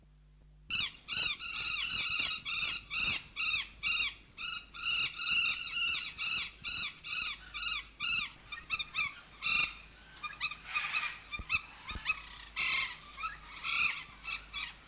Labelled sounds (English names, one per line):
Golden Parakeet call